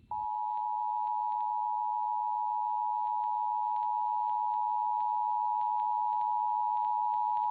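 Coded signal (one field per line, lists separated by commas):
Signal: Emergency Alert System (SAME) tones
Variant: 853 and 960 Hz attention tone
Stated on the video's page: A fictional EAS scenario, made with text-to-speech.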